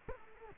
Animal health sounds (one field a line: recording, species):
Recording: mosquito wingbeat signal from an infrared sensor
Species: Culex quinquefasciatus